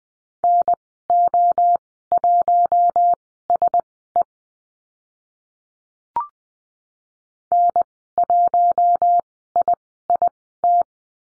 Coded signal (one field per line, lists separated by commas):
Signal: Morse code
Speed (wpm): 20 wpm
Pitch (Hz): 700 Hz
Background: none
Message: NO1SE N1IIT